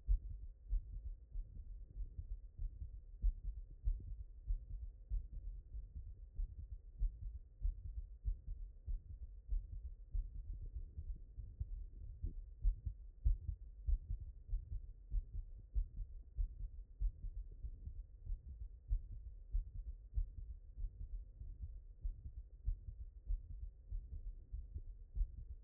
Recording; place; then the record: heart sounds by stethoscope; mitral valve (MV)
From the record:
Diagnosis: HFrEF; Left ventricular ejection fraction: 10%